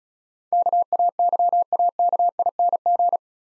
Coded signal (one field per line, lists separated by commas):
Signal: Morse code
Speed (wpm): 36 wpm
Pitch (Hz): 700 Hz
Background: none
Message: KAYAKING